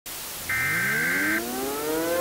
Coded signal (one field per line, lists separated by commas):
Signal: Emergency Alert System (SAME) tones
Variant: header bursts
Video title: Mini EAS Scenario #1: Wisconsin Evacuation